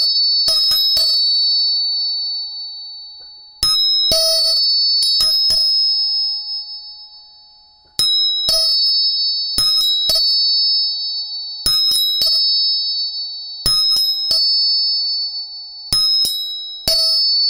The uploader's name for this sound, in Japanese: 音叉チューニング